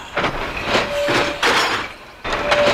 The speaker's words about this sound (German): Wütend knallt er die Güterwagen aneinander, schiebt sie mit so derben Puffen und Stößen hin und her, dass selbst diese groben Gesellen ganz erschrockene Gesichter machen.